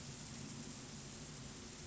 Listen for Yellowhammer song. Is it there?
no